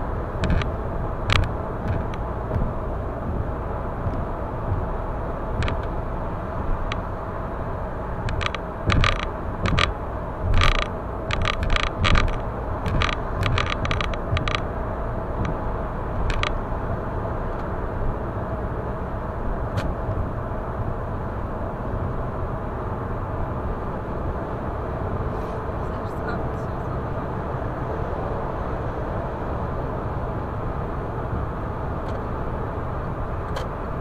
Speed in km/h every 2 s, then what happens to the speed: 106, 106, 106, 104, 102, 101, 102, 103, 106, 107, 110, 113, 117, 119, 120, 120, 121.
0-12 steady at about 104. 12-26 speeds up to 119. 26-34 steady at about 120.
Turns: none.